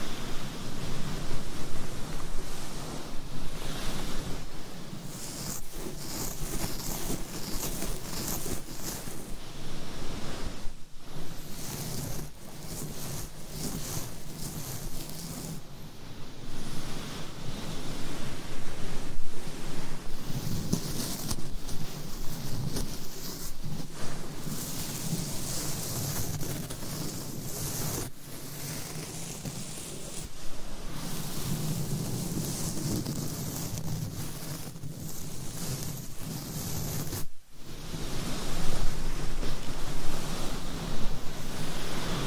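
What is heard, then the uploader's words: Long nails scratch a microphone in dense, continuous rasping strokes, loud and close, with brief drops to near silence around 11 and 37 seconds. ASMR Mic Scratching - Brain Scratching Hypnotic Asmr No Talking for Sleep with Long Nails.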